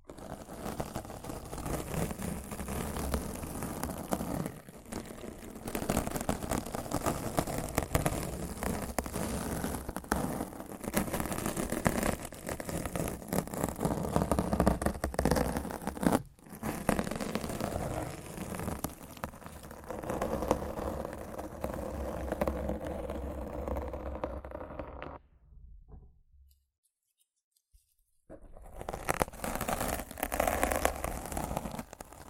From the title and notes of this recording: ASMR Rough Mic Scratching & Brushing (No Talking).